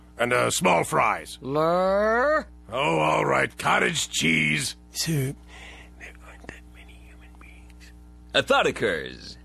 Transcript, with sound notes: And small fries.
Lrrr...
Oh, all right. Cottage cheese...
Sir. *whispering to Zapp* There aren't that many human beings.
A thought occures.